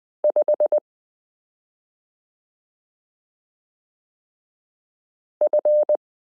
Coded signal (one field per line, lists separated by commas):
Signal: Morse code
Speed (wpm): 20 wpm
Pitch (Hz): 600 Hz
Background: none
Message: 5 F